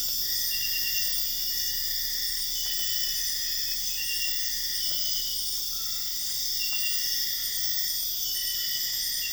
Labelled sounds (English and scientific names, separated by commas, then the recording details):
none
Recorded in dense forest near Puerto Asís, Putumayo, Colombia, on 4 March 2025 at 03:00
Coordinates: 0.484, -76.325
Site G045